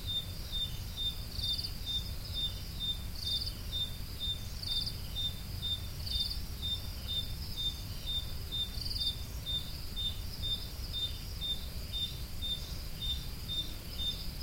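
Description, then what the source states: Crickets chirp high and regularly, roughly twice a second, while a pulsing buzz swells above them and a deep, steady rumble fills the background. Recorded at Roodekopjes.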